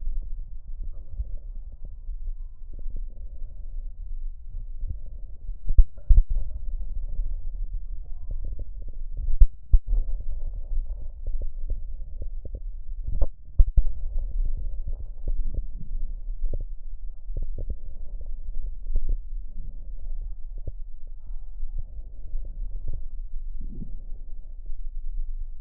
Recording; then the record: lung sounds by stethoscope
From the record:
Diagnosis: emphysema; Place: left posterior upper chest